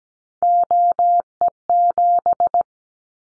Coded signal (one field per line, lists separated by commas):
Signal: Morse code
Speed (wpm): 17 wpm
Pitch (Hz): 700 Hz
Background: none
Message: OE7